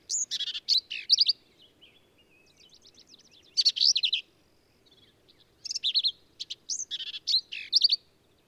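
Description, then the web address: Black-capped vireo song: rapid clusters of sharp, buzzy, slurred notes repeated in energetic bursts with short quiet spells between them. "birdsongforthecurious songs Black-capped Vireo"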